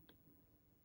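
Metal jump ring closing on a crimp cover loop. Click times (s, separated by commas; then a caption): 0.1 s. A metal O-ring (jump ring) on the loop of a crimp cover is closed with pliers by bringing the hands together until its two ends meet. A single small, bright click is heard at 0.09 s against a quiet low background. The click means the two ends are touching, so the ring is closed and keeps the crimp cover from slipping off.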